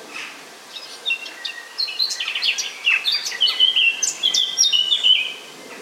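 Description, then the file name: Eurasian blackcap song, a long, lively warble mixing scratchy chatter with bright, whistled notes. "Sylvia atricapilla"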